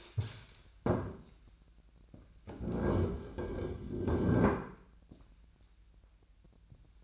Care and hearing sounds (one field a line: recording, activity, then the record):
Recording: daily activity, microphone in the room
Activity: stand up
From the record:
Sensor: 2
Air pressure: 1001.5 hPa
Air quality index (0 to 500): 241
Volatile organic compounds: 74 ppm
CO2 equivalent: 3554 ppm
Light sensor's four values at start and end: 10/24/10/11 and 10/24/10/10